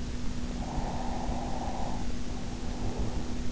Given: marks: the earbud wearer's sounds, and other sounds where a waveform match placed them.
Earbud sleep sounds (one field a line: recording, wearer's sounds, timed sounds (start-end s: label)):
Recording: sounds in sleep by an in-ear microphone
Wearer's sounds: breath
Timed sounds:
0.45-3.52 s: breath